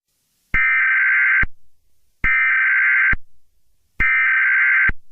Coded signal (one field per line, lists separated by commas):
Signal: Emergency Alert System (SAME) tones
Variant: header bursts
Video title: EAS Scenario #3: Slender Man!